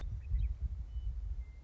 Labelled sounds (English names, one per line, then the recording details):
Western Meadowlark
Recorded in Sonoma County, California